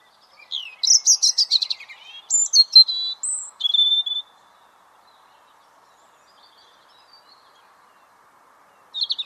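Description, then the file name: European robin song: a rapid, high, tinkling phrase of thin whistles and trills lasting about four seconds, then silence before a new phrase begins near the end. "Erithacus rubecula"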